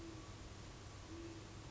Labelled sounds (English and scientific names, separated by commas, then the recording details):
Great Horned Owl (Bubo virginianus)
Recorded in Sonoma County, California